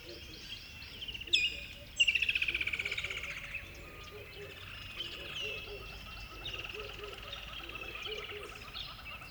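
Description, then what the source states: Bird song: a sharp note, then a loud trilled phrase, followed by quieter warbling and chirps. Recorded at dawn by a river bed.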